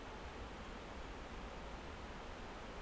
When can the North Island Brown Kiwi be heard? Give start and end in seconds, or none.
none